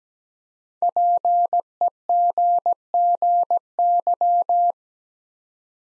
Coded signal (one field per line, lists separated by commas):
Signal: Morse code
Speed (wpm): 17 wpm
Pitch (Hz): 700 Hz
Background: none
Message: PEGGY